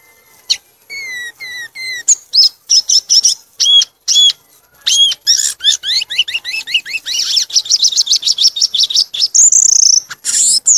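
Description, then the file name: Violaceous euphonia song: clear downslurred whistles, then rapid, varied high chattering notes that build into a dense trill near the end. "canto do gaturamo verdadeiro"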